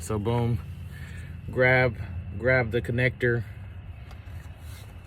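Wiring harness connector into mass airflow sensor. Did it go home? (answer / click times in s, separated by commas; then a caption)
no / none. Someone talks while grabbing the plastic wiring harness connector and lining it up to push onto the mass airflow sensor of a 2010 Ford Mustang 4.0L V6. A low steady hum runs underneath the voice. The connector has not seated or clicked yet.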